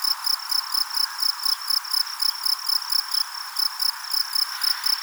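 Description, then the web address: Insect calling with steady, high-pitched pulsed chirps in a rapid series, over a soft hiss. "Insect Set 459"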